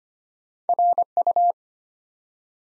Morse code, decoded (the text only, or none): RU